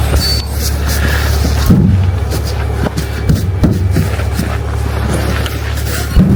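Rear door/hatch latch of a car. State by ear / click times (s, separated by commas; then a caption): not seated / none. In -40° cold, someone pushes the rear door or hatch of a car shut, and dull thuds land at about 3.3, 3.6 and 5.5 seconds over a steady low hum. The latch fails to lock, and nothing has latched yet.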